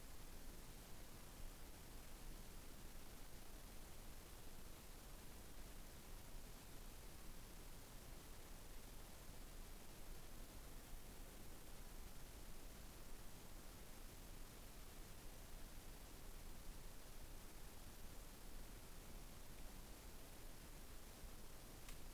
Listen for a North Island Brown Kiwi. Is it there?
no